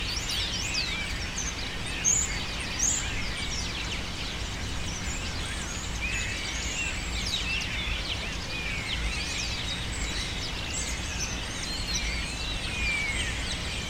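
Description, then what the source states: Birds screaming without a break, many high swooping calls layered over one another, a few sharper notes standing out, above steady low noise. Birds taking refuge in cypresses in the recordist's city, screaming without stopping, especially in the afternoon.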